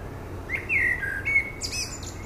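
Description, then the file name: Common blackbird song: a clear whistled note swooping downward, a few softer fluty notes, then a squeaky high-pitched finishing twitter. "Turdus merula"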